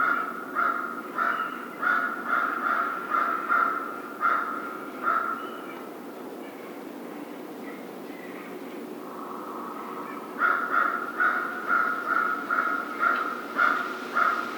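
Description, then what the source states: American crow calling in two bouts of rapid, repeated harsh caws, separated by a quieter pause of several seconds. 1 February 2010.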